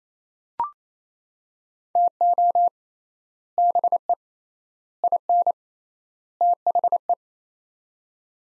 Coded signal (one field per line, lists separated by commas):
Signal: Morse code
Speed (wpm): 28 wpm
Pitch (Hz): 700 Hz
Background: none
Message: TO BE IN THE